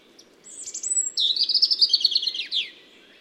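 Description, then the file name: European robin song opening with a thin, high sustained whistle, then breaking into a fast, glittering trill of rapid notes. "Erithacus rubecula"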